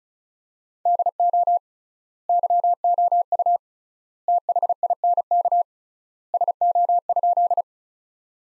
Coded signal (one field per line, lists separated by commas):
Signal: Morse code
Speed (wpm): 36 wpm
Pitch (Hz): 700 Hz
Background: none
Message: DO YOU THINK SO?